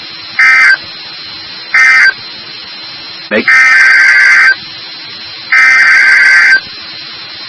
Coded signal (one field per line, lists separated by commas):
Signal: Emergency Alert System (SAME) tones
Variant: header bursts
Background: speech